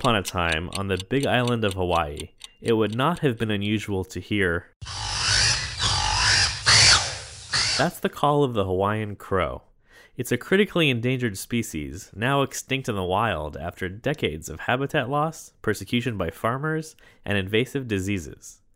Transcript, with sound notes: upon a time, on the big island of Hawaii, it would not have been unusual to hear: [wild Hawaiian crow call] That’s the call of the Hawaiian crow. It’s is a critically endangered species, now extinct in the wild after decades of habitat loss, persecution by farmers, and invasive diseases.